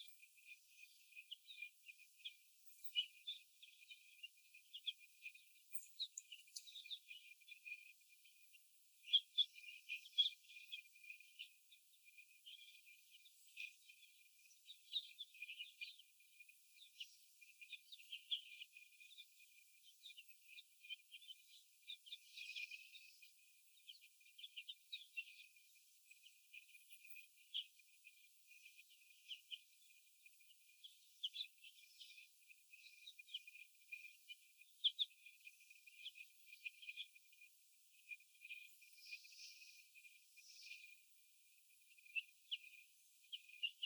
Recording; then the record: young laying hens in a cage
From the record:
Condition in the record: after the stressor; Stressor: sudden umbrella opening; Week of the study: 2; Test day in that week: 1